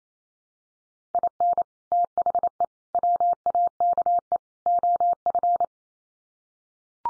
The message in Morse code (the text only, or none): IN THE WAKE OF